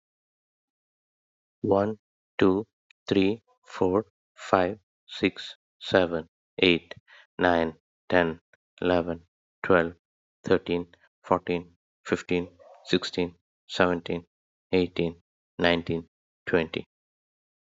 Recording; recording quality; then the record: counting at a normal pace; excellent, no background noise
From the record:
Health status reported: healthy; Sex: male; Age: 38 years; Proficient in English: yes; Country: India